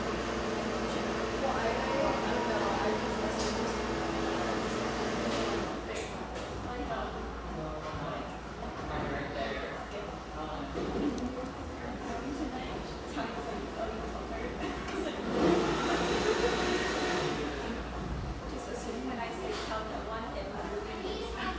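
A Portland coffeehouse with steady murmured conversation over a low hum, a soft tonal drone early on, and occasional clinks and bumps.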